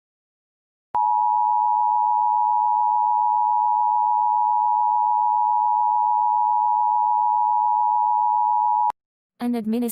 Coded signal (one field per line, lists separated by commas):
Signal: Emergency Alert System (SAME) tones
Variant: 853 and 960 Hz attention tone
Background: speech